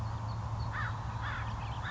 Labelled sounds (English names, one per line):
American Crow